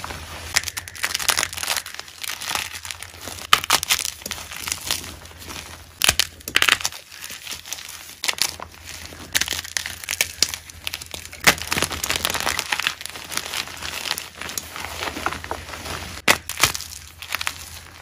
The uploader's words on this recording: This is an edit compilation of India the asmr chef's amazing gym chalk crushes.